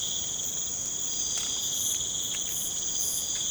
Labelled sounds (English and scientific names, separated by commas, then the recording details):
none
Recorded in pastures near Puerto Asís, Putumayo, Colombia, on 12 March 2025 at 01:30
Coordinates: 0.505, -76.324
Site GP08